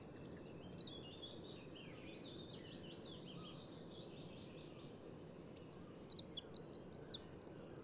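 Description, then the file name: Eurasian wren song: faint high twittering notes early on, then a clearer fast trill and a brief buzzy phrase near the end, over steady background noise. "Troglodytes troglodytes"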